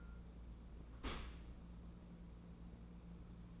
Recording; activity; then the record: daily activity, microphone in the room; open dishwasher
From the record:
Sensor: 1